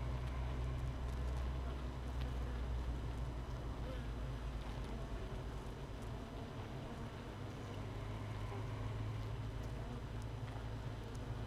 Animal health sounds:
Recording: honeybee colony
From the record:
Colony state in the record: missing queen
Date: 31 May 2018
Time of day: 16:04

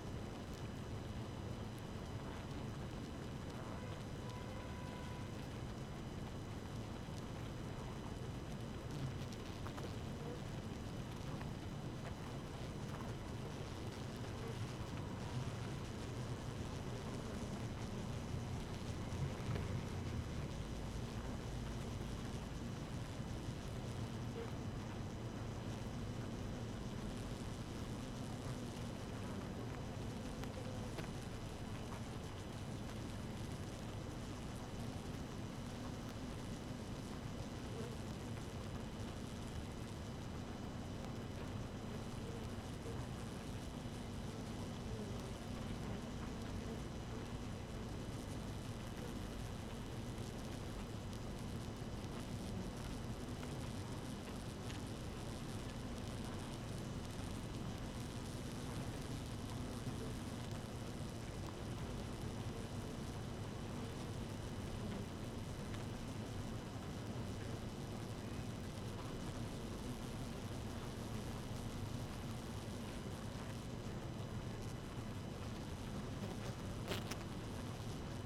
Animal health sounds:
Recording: honeybee colony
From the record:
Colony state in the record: active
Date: 12 June 2018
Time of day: 5:13

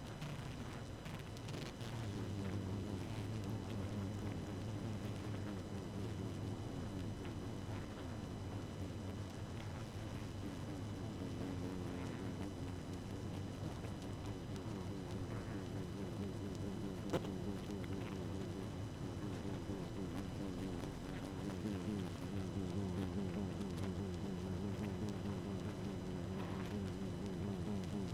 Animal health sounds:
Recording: honeybee colony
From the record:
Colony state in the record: active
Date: 12 June 2018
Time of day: 0:50

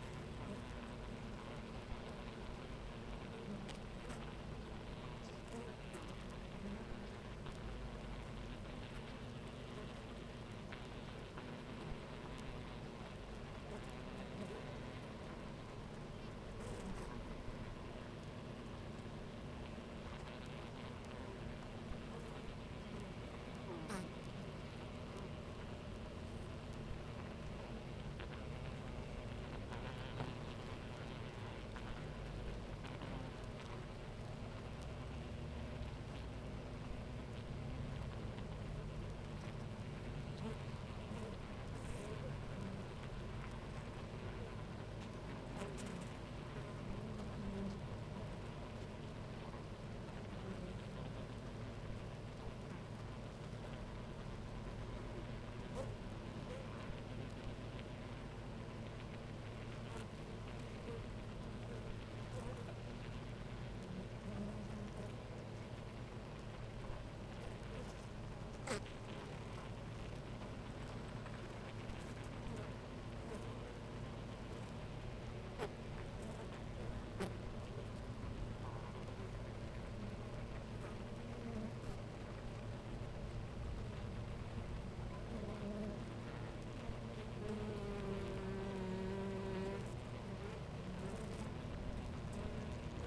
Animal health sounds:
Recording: honeybee colony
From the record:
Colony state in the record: active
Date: 28 July 2017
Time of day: 10:27

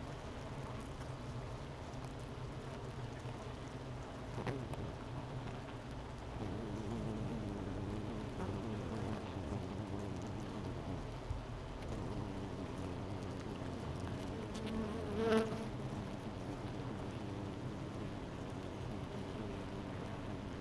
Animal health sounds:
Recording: honeybee colony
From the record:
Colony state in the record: missing queen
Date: 31 May 2018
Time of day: 11:25

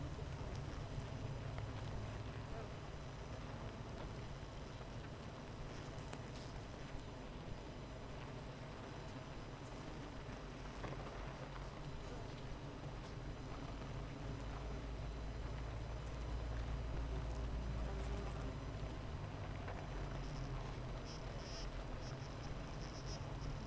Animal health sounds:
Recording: honeybee colony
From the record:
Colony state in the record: missing queen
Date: 14 July 2017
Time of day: 7:43

